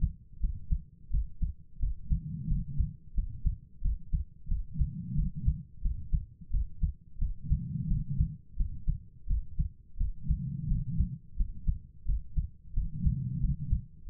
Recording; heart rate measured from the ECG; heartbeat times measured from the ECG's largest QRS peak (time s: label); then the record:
heart sounds by stethoscope; 88 bpm
0.39 s: heartbeat
1.09 s: heartbeat
1.78 s: heartbeat
2.46 s: heartbeat
3.13 s: heartbeat
3.80 s: heartbeat
4.47 s: heartbeat
5.14 s: heartbeat
5.81 s: heartbeat
6.49 s: heartbeat
7.17 s: heartbeat
7.86 s: heartbeat
8.55 s: heartbeat
9.26 s: heartbeat
9.96 s: heartbeat
10.66 s: heartbeat
11.35 s: heartbeat
12.04 s: heartbeat
12.72 s: heartbeat
13.39 s: heartbeat
14.05 s: heartbeat
From the record:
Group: healthy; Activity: rest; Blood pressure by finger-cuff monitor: 122/76 mmHg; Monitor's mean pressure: 92 mmHg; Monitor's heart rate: 88 bpm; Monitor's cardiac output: 7.1 L/min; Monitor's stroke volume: 82 mL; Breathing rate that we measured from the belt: 22 breaths a minute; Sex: female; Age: 32 years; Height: 172 cm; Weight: 71.7 kg